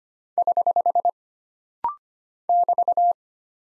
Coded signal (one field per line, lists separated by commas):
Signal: Morse code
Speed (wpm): 25 wpm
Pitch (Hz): 700 Hz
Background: none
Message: <HH> <BT>